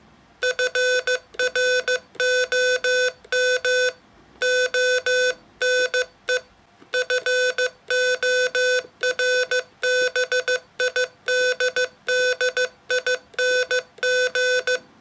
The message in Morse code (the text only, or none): FROM ONE FORBIDDING